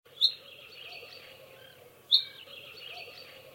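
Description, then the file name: Common chaffinch giving two short, sharp high call notes about two seconds apart over a steady background hiss and low hum. "Fringilla coelebs"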